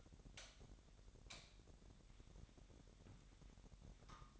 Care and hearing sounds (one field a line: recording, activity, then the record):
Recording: daily activity, microphone in the room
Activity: light on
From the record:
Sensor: 3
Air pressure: 1011.9 hPa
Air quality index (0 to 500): 230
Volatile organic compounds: 5 ppm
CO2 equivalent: 1710 ppm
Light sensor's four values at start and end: 13/30/12/13 and 15/39/16/16